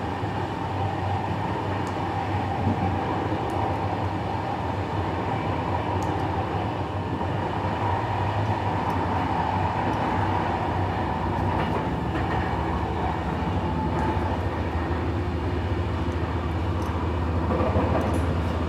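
Rattling of a train ride on the tracks, a steady, dense rumble with a low drone and a constant hum running throughout. Small clicks and knocks from the rails come through irregularly, a few a few seconds apart, with no voices.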